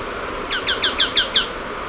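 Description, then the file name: Choco Tapaculo giving a quick run of six sharp, down-slurred notes in under one second, with a steady hiss and high thin tone behind. "Scytalopus chocoensis - Choco Tapaculo"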